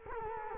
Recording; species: mosquito wingbeat signal from an infrared sensor; Culex quinquefasciatus